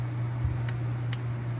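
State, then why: Torque reached. A click-type torque wrench with a 5/8 socket and extension tightens a spark plug into the aluminum cylinder head of a Durango SRT 392. Over a steady low hum, two short, sharp clicks sound at 0.7 s and 1.1 s. The wrench clicks at its setting, confirming the plug is torqued down.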